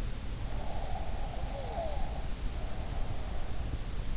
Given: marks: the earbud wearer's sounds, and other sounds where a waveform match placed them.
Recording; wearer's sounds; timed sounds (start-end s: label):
sounds in sleep by an in-ear microphone; breath
0.49-3.54 s: breath